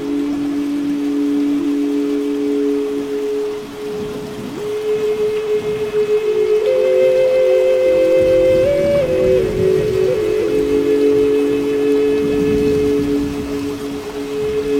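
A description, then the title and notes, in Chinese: Steady rain hisses throughout while a flute holds long, sustained low notes. Around the middle the melody climbs to a higher held note for a few seconds, then settles back to the lower tone, with the rain's even patter continuing beneath. 雨&长笛&大自然。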